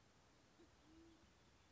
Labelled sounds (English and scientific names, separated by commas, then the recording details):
Band-tailed Pigeon (Patagioenas fasciata)
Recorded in Sonoma County, California